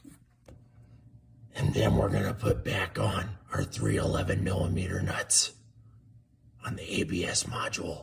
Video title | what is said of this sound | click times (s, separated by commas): 2010 Ford Focus Brake Booster Replacement | but he'll start to come down and click into place, just like this. | 0.5 s